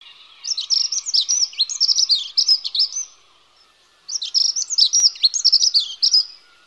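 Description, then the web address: Dunnock singing two rapid, high-pitched warbling phrases of about two and a half seconds each, separated by a short pause. Garden bird. "infonatuur tuinvogels heggenmus"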